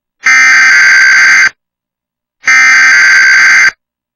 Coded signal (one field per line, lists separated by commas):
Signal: Emergency Alert System (SAME) tones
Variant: header bursts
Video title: TWC TV App Annoying EAS Weekly Test Glitch